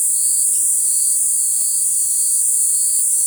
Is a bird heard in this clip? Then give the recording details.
no. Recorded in forest near Pivijay, Magdalena, Colombia, on 5 June 2023 at 18:30. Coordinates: 10.467, -74.380. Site Z5-G034